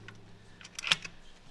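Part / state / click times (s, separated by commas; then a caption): mounting fixture into tire changing machine / seated / 0.9 s. On a tire-changing machine, a mounting fixture is brought down through the centre of the wheel without touching the wheel and locks into the machine. A few light metallic ticks and rattles lead up to a sharp metallic hit at 0.9 s as it seats, followed by a softer tap.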